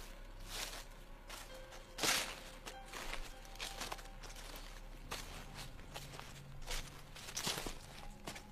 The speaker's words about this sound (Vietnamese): Ở bên ngoài chợt có tiếng động, có tiếng bước chân nhẹ nhẹ ở sau nhà.